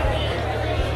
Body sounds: background sound without coughing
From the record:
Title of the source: CITY SOUNDS Busy Bar in the Evening Night - 2 HOURS of Ambiance for Relaxation

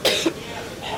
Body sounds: coughing mixed with background sound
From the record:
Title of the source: 55 gaggy wet cough

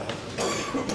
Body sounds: coughing mixed with background sound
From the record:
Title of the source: Spring Cold Coughing 3

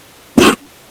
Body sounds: coughing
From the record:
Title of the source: 60 coughing still (deep and wet cough)

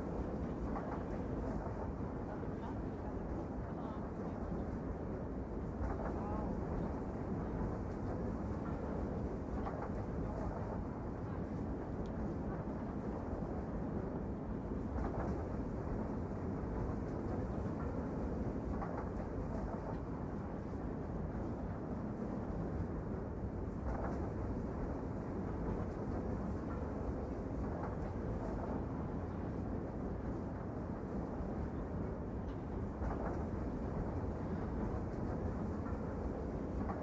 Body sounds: background sound without coughing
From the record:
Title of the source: Train Ride Ambience ambient white noise for sleeping, focus, studying, reading

